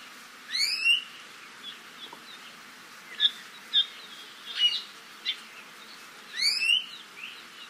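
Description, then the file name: ʻIʻiwi calls: a loud squeaky creaking note near the start and another near the end, with scattered chips and short whistles between them. "Iiwi"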